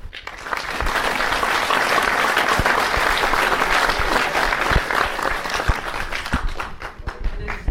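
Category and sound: crowd, audience applause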